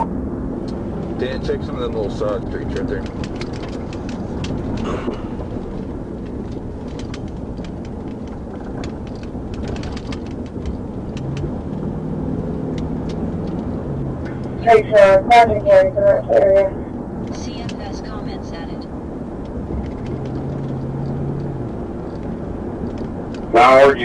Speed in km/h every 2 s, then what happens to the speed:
74, 68, 56, 60, 60, 63, 72, 71, 71, 69, 71, 71.
0-4 brakes to 56. 4-9 steady at about 60. 9-12 speeds up to 72. 12-24 steady at about 71.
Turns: none.